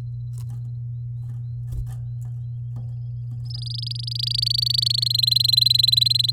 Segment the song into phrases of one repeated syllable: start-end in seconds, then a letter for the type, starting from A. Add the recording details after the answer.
3.45-5.04 A, 5.05-6.31 B. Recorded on 10 May 2018 at 11:38. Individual llb16